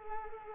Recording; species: mosquito wingbeat signal from an infrared sensor; Culex quinquefasciatus